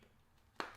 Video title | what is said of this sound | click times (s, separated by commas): The BRAND NEW Andar Aspen Togo Leather Case for iPhone 15 Pro Max! | Nice click on every single corner, so it's on there securely. | 0.6 s